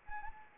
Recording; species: mosquito wingbeat signal from an infrared sensor; Anopheles arabiensis